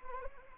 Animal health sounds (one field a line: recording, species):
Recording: mosquito wingbeat signal from an infrared sensor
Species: Anopheles arabiensis